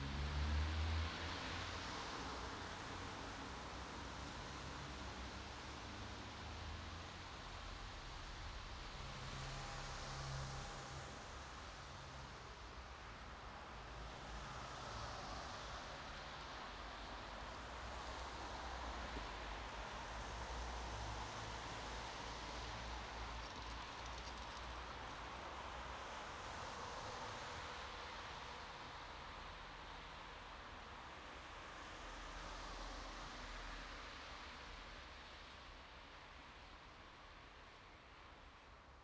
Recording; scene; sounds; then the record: everyday scene through a hearing-aid microphone; in traffic; traffic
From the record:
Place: bus stop on a city main road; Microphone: in the ear canal, right